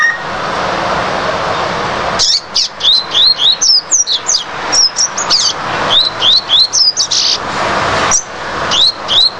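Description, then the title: Double-collared seedeater singing fast sequences of thin, high, slurred notes after a hissy opening stretch, with short breaks between phrases. "Canto Coleiro"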